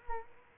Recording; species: mosquito wingbeat signal from an infrared sensor; Culex quinquefasciatus